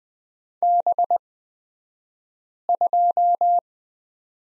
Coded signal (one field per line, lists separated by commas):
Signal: Morse code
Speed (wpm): 20 wpm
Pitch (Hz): 700 Hz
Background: none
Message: B2